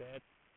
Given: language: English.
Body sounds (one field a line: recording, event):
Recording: throat vibration sensor signal played as sound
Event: speech